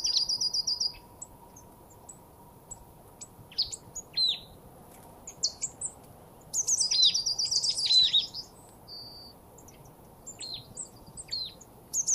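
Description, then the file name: Marsh tit giving repeated calls: quick high note series and sharp downslurred notes, with a dense busy burst around seven to eight seconds. "Poecile palustris"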